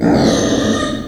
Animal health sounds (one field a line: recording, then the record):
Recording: squeal of a Yucatan mini pig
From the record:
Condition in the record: before surgery on the right vocal fold (resection and tissue-engineered implant)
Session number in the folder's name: 3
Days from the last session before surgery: 0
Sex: female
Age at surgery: 19 weeks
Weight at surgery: 25 kg